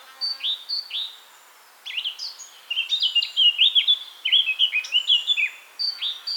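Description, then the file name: Eurasian blackcap song: a few separate downslurred whistles, then a fast rich warble of varied fluty and scratchy notes that builds in loudness. "Sylvia atricapilla"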